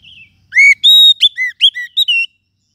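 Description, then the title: Lovebird calls: one quick burst of about eight loud, shrill whistled chirps, some steady, others dipping or rising, after a faint opening note. Lovebird call used as a lure (pikat) to attract lovebirds. "PIKAT BURUNG LOVEBIRD"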